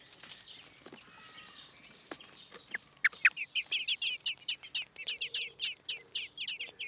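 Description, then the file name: Common blackbird calls, quiet at first, then a loud, fast series of sharp, high chattering notes carrying on to the end. "Turdus merula"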